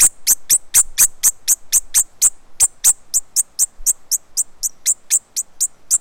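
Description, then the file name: Bird giving brisk, high-pitched ticking calls in a fast regular run, about four each second, with little else audible. "SABIOD 50 bird 2015"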